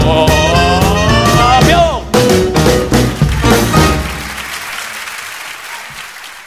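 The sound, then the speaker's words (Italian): A song's final sustained notes ring out over loud, dense applause from a large crowd, the clapping continuing and slowly fading after the music stops. “Io ho sempre il sospetto che sia un applauso registrato.”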